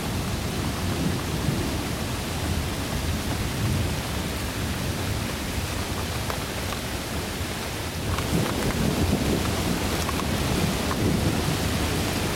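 Thunder and rain make a steady, dense roar with deep low rumbling throughout, swelling slightly after eight seconds, joined by faint scattered crackles.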